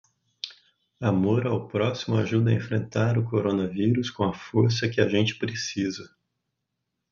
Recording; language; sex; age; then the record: spoken sentence; Brazilian Portuguese; male; 40 to 49 years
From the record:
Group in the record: control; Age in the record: 42 years